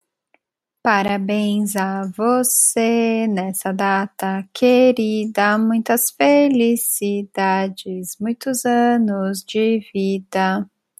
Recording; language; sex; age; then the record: short text; Brazilian Portuguese; female; 30 to 39 years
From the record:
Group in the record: control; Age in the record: 31 years